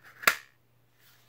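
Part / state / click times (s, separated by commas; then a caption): hatchet head into kydex sheath / seated / 0.3 s. A Plumb hatchet head is rotated back into its molded kydex sheath and handle guard until the retention snaps over it, giving a single small, quick click at 0.3 s. A faint low hum runs underneath, and the head is seated in the sheath.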